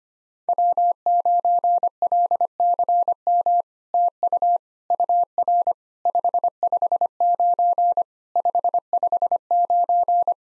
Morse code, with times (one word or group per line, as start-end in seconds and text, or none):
0.5-3.6 W9LCM
3.9-4.6 TU
4.9-5.7 UR
6.1-8.0 559
8.4-10.3 559